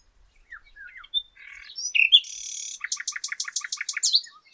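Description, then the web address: Common nightingale song: scattered thin whistles, a harsh buzzy burst, then a rapid series of repeated two-part notes ending in a high slurred note. "pub SETE data Luscinia megarhynchos"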